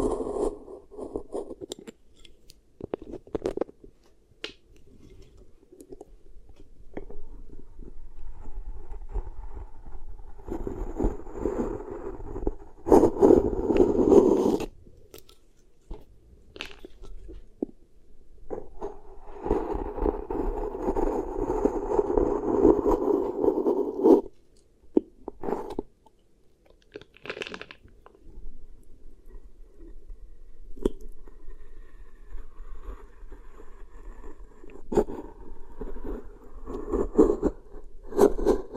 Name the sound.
Beeswax Ear Triggers